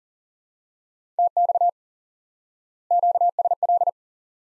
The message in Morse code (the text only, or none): TX QSL